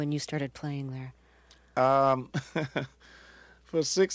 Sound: laughter